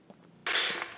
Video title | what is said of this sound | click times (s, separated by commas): Disconnect & Connect Water Sensor/Float in Aerogarden Bounty and Aerogarden Farm - Hydroponics | that's it now it is locked now if you just shake it | 0.5 s